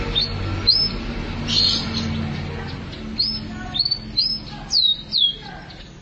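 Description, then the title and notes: Canary notes: scattered high chirps and short whistles, clearer toward the end, over a low hum. "BM Suara Kenari. BM Suara Burung Kenari"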